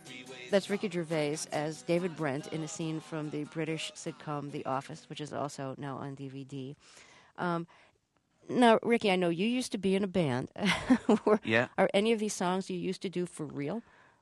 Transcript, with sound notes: That's Ricky Gervais as David Brent in a scene from the British sitcom "The Office," which is also now on DVD. Now, Ricky, I know you used to be in a band.
(LAUGHTER)
Yeah.
Are any of these songs you used to do for real?